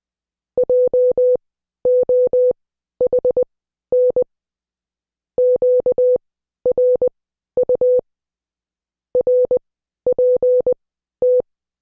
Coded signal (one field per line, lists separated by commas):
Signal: Morse code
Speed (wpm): 20 wpm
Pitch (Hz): 500 Hz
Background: none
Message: JOHN QRU RPT